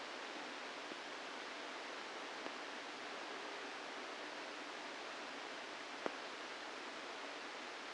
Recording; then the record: brain microelectrode recording played as sound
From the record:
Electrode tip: inside the subthalamic nucleus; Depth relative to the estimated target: 0 mm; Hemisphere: left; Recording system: NeuroSet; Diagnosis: Parkinson's disease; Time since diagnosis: 8 years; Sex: male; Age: 65 years